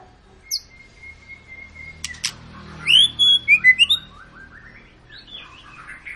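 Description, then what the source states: White-rumped shama singing: a long steady whistle, then a rapid cascade of bright, sliding notes that falls away into softer warbled phrases. Long, energetic ('gacor') lure song, played to prompt other birds to sing.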